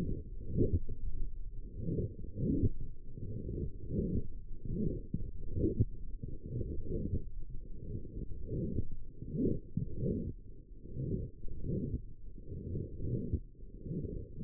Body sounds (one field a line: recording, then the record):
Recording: forearm muscle sounds (acoustic myography)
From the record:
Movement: forearm supination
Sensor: system 1, eight BSWA MPA416 microphones around the upper forearm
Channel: 3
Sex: male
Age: 21 years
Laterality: right